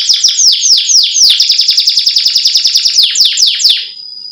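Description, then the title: Domestic canary song: a rapid run of high descending chirps, speeding into a dense trill before slowing and ending on a thin held note. Male Belgian canary song used to arouse females. "Canto Para Esquentar Canário Belga. Suara Kenari Jantan Menaikan Birahi Betina"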